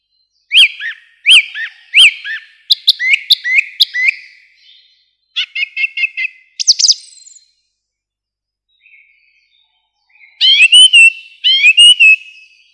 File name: Zolotye zvuki prirody - Drozd pevchij